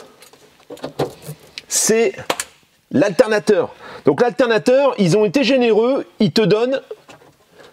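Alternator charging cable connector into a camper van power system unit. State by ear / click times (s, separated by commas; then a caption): not seated / none. Someone talks while handling the alternator charging cable's connector to plug it into a camper van power kit unit, with a few light handling knocks and rattles between the words. Nothing has seated or clicked yet.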